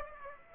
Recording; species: mosquito wingbeat signal from an infrared sensor; Aedes aegypti